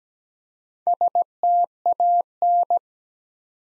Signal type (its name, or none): Morse code